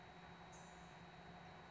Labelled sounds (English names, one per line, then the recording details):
Blue-gray Gnatcatcher
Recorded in Sonoma County, California